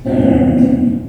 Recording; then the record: squeal of a Yucatan mini pig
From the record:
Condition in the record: after surgery on the right vocal fold (resection and tissue-engineered implant); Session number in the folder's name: 2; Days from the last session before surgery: 18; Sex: female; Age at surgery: 19 weeks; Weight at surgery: 25 kg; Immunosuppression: prednisolone